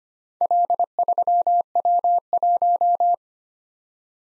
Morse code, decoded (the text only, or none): L3W1